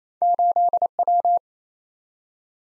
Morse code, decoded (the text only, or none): 8W